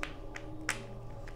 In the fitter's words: you should hear a little click from there i will rotate that green dial at the very bottom